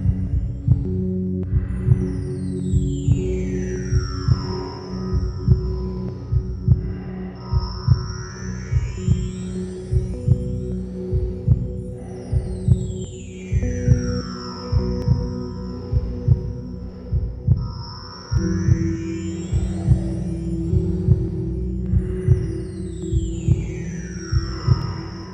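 Slow, regular low whooshing thumps, about 50 a minute, under sweeping chime tones of magic bells: a soothing heartbeat as heard inside the womb.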